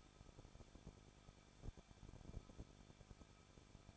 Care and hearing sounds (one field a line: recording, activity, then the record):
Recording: daily activity, microphone in the room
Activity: no activity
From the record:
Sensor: 5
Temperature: 20.7 degrees Celsius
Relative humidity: 38.6%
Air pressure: 1006.5 hPa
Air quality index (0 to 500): 191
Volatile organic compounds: 20 ppm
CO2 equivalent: 2701 ppm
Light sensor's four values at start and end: 2/3/1/1 and 2/3/1/1